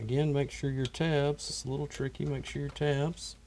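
The plastic cap of a Delta kitchen faucet is being lined up and handled by its tabs to go back onto the faucet body while someone talks. No click is heard, and the cap has not clicked in or seated yet.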